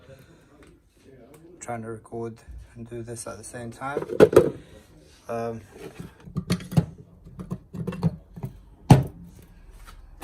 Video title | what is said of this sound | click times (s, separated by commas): How to service your own car! VW Golf MK6 GTD Engine Service DIY | make sure it clicks where you hear that clicking sound | 8.9 s